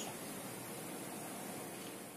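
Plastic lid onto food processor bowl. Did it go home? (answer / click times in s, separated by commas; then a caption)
no / none. A plastic lid is being fitted and turned onto the bowl of a Bolde Super Processor 22 in 1 food processor, which must lock or the processor won't spin. Steady broadband hiss runs throughout, with a brief sharp sound right at the end around 2.2 s. The lid has not yet seated or clicked locked.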